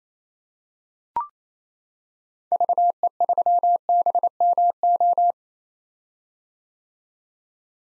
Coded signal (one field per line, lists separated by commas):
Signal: Morse code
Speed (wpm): 28 wpm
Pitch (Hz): 700 Hz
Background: none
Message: VE3BMO